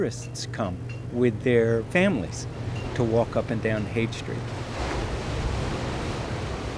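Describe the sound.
A man talks for a few seconds, then steady surf takes over: a broad, hissing wash of waves rolling onto a sandy beach at Big Sur, three hours' drive south of San Francisco, continuous and fairly loud, with a low rumble underneath.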